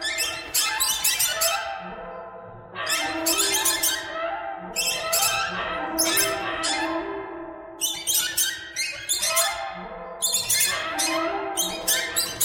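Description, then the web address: A flock of birds calling rapidly in overlapping squeaky, scratchy notes, in bursts separated by brief dips. "soundfactory birds"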